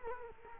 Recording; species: mosquito wingbeat signal from an infrared sensor; Culex quinquefasciatus